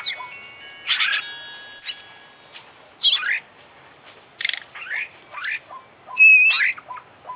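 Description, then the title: Oriental magpie-robin song: a varied run of sweet whistles, harsh rasping notes and quick rising slurs, delivered in bursts with short pauses between phrases. Indonesian songbird-contest (kicau mania) recording; full 'isian' fill-in song of a persistently singing ('gacor') international champion kacer, used for training. "Kicau Mania - Full Isian Juara Internasional Burung KACER Gacor"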